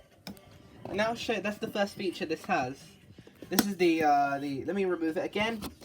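A vacuum hose is pushed into the inlet port of a Karcher WD 3 P wet/dry vacuum cleaner, after being taken off with the release button. It latches home with a sharp click at 0.3 s, showing it has locked in place. Someone talks for the rest of the clip.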